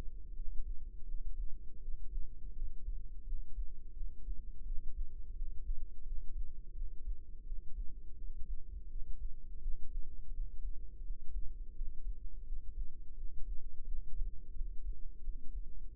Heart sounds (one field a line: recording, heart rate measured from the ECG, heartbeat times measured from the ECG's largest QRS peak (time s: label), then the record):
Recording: heart sounds by microphone in the left ear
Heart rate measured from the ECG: 85 bpm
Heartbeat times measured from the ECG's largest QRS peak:
0.33 s: heartbeat
1.05 s: heartbeat
1.79 s: heartbeat
2.53 s: heartbeat
3.24 s: heartbeat
3.94 s: heartbeat
4.63 s: heartbeat
5.33 s: heartbeat
6.03 s: heartbeat
6.73 s: heartbeat
7.43 s: heartbeat
8.15 s: heartbeat
8.87 s: heartbeat
9.59 s: heartbeat
10.31 s: heartbeat
11.02 s: heartbeat
11.73 s: heartbeat
12.44 s: heartbeat
13.14 s: heartbeat
13.83 s: heartbeat
14.52 s: heartbeat
15.21 s: heartbeat
15.89 s: heartbeat
From the record:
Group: healthy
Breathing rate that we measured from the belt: 15 breaths a minute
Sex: female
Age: 51 years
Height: 162 cm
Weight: 70.04 kg